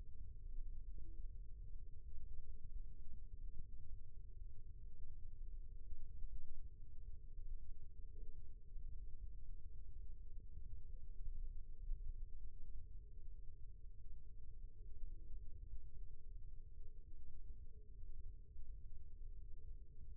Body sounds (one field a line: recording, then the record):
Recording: forearm muscle sounds (acoustic myography)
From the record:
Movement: rest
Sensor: system 1, eight BSWA MPA416 microphones around the upper forearm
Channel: 2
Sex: male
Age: 20 years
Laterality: left